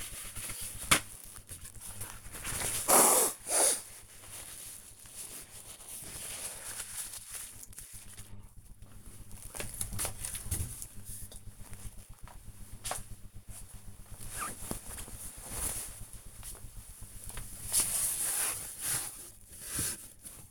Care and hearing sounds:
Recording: household activities, microphone on the right wrist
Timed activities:
0.00-20.51 s: tidy up the wardrobe

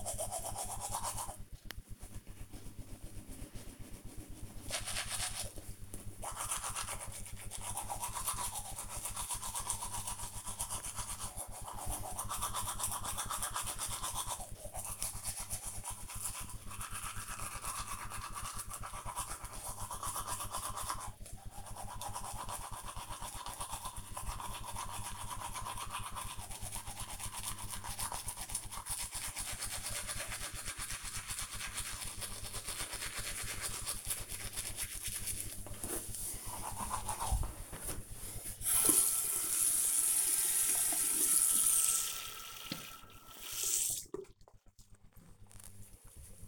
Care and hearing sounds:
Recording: household activities, microphone on the right wrist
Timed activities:
0.00-44.34 s: brushing teeth

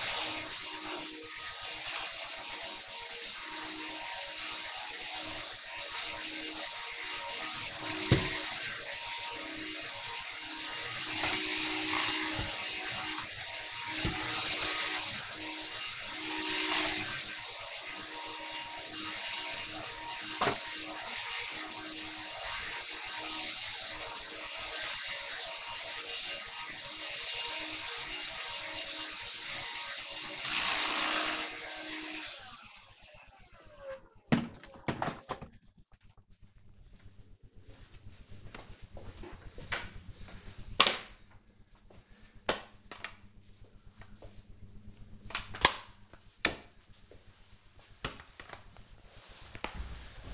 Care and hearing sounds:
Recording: household activities, microphone on the right wrist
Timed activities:
0.00-31.42 s: vacuum cleaning
39.46-50.34 s: floor cleaning

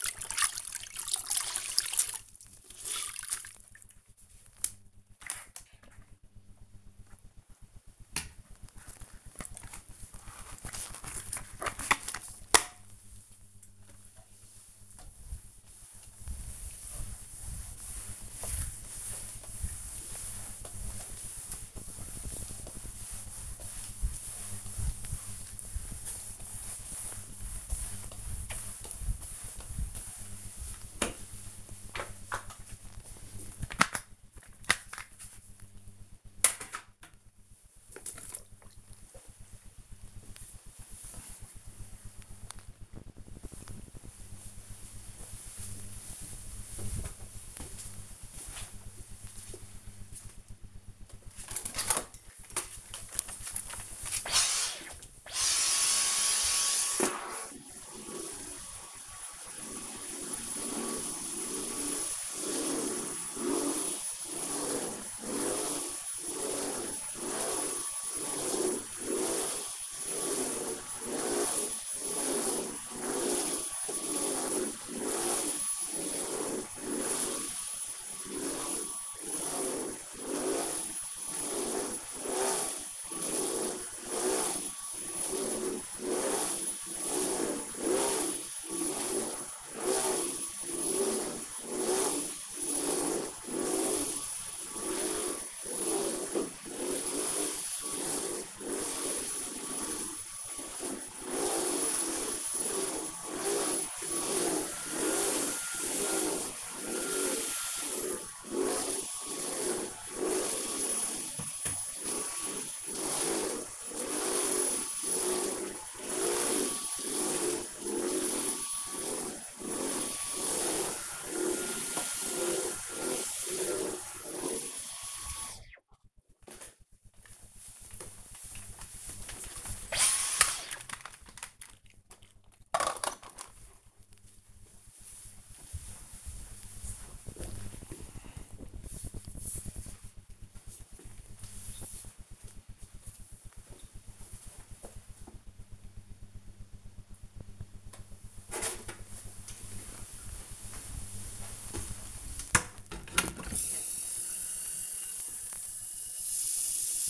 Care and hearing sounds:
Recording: household activities, microphone on the right wrist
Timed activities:
0.00-38.14 s: floor cleaning
50.18-125.60 s: vacuum cleaning
147.75-157.10 s: watering plant

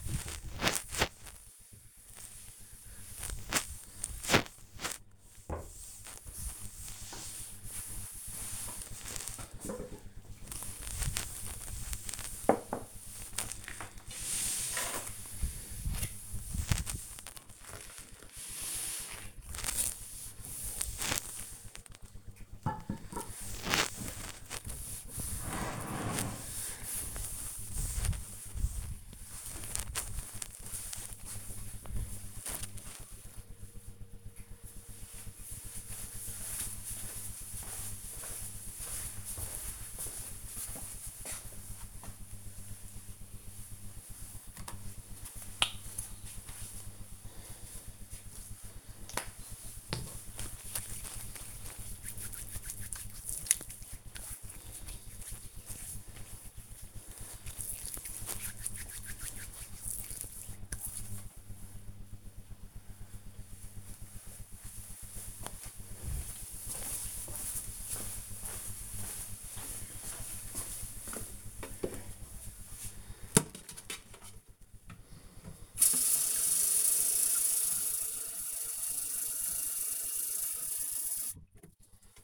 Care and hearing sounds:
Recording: household activities, microphone on the right wrist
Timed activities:
0.00-31.40 s: cleaning table
44.52-60.63 s: cream hands
69.70-82.23 s: watering plant

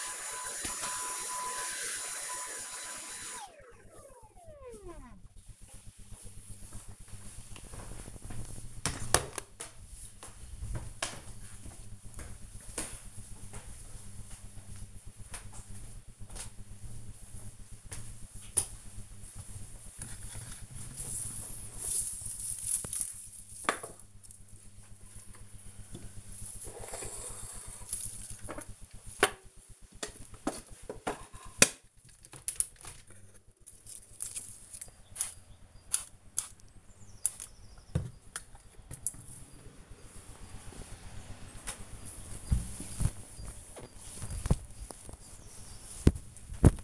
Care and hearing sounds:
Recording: household activities, microphone on the right wrist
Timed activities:
0.00-4.41 s: vacuum cleaning
18.50-46.84 s: window cleaning

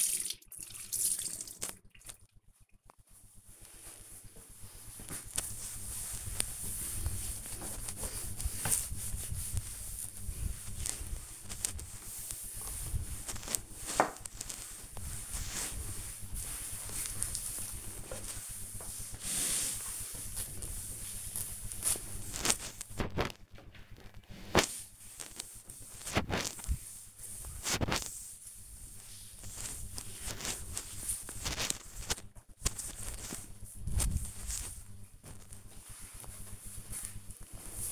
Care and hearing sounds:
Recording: household activities, microphone on the right wrist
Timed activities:
0.00-36.20 s: cleaning table

